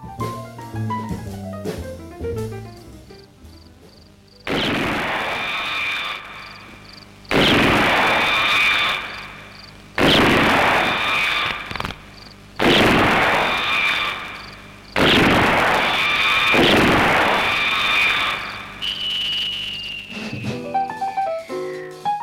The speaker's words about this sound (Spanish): ¿Ese tipo de disparo no lo has oído en más de una película? La verdad es que parecía el castillo de Godella de Final de Fiestas. Pues no, es un disparo y viene de muchas películas del oeste.